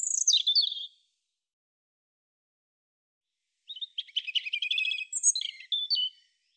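European robin song: a cascading high phrase, a long pause, then a fast jumble of rattling and sweet twittering notes.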